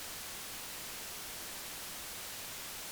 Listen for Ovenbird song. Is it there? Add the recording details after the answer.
no. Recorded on 23 June 2016 at 07:18. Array SBT-6-76